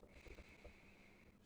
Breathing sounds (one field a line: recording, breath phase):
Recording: one breath near a microphone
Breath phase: inhalation